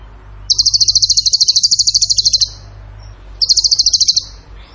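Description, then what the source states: Bird produces a long, very fast, evenly pulsed high trill of about two seconds, then a shorter matching burst after a pause. Masteran (training recording) of a bird singing in the tembakan gacor style.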